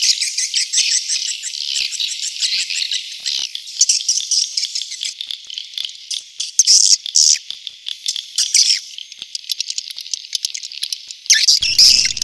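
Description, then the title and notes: Swiftlet twittering, a dense continuous high chatter of rapid chirps with louder buzzy bursts scattered through. Asia; swiftlet sound used in swiftlet farming to attract birds. "Swiflet Bird Sound. Farming Swiflet Bird asia sound"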